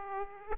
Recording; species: mosquito wingbeat signal from an infrared sensor; Aedes aegypti